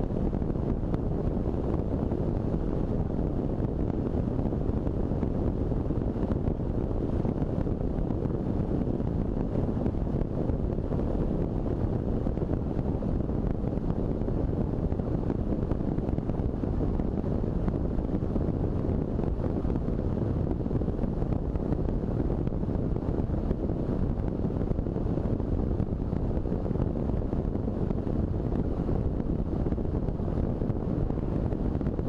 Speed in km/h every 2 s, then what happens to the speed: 55, 55, 55, 55, 52, 54, 54, 54, 53, 52, 52, 51, 51, 50, 50, 50.
0-32 steady at about 52.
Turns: none.